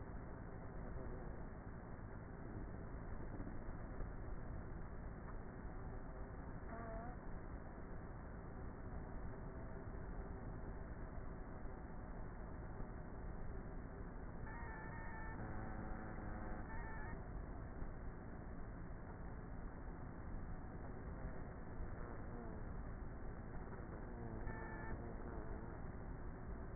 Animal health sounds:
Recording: honeybee colony, microphone inside the hive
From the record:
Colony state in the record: queenless with a low population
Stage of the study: before two queens were removed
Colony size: about 30,000 bees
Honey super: no

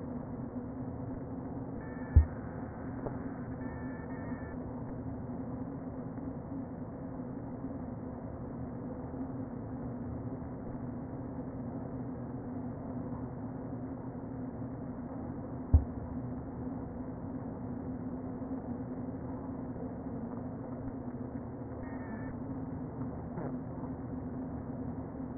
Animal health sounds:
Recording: honeybee colony, microphone inside the hive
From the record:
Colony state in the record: queen present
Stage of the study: before two queens were removed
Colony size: about 60,000 bees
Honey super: yes

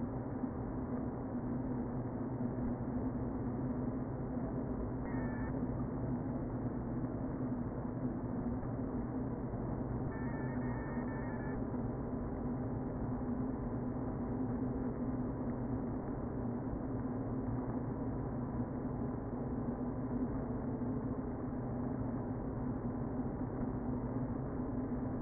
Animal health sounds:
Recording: honeybee colony, microphone inside the hive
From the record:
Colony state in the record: queen present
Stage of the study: before two queens were removed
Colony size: about 60,000 bees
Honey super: yes

